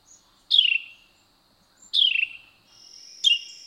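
Carolina wren notes: two loud, sharply descending whistled phrases, then a shorter note over a steady high-pitched hiss.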